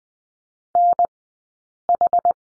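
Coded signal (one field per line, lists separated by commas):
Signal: Morse code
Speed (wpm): 20 wpm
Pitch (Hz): 700 Hz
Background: none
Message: NH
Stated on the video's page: Morse course lesson on the letter D, at Farnsworth speed 20/10 wpm.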